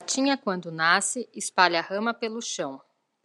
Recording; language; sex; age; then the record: short text; Brazilian Portuguese; female; 40 to 49 years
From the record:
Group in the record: control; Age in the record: 47 years